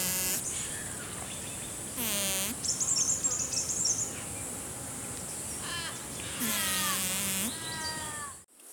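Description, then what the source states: Bee flight buzz, a low harmonic drone swelling twice for about a second each, with fainter sounds between. Tiny green bee.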